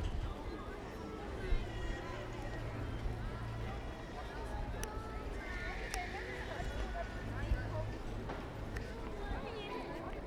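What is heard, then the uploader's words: Sounds of Ulm: a steady hum of many overlapping voices chatting, with a low engine-like rumble running underneath throughout. A few sharp clicks or knocks stand out near 1.5, 6 and 7.5 seconds, and the overall level stays even. Sounds of Ulm (Soundscapes meets Kulturradio).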